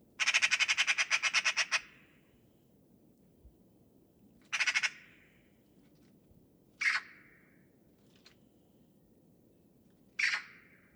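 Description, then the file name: Eurasian magpie opening with a long fast rattling chatter, followed by three shorter harsh calls spaced a few seconds apart. "Pica pica"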